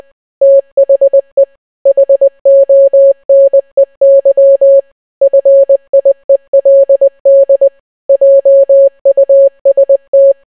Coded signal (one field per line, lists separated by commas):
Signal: Morse code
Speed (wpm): 20 wpm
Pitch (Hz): 550 Hz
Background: none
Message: THE HONEY FIELD JUST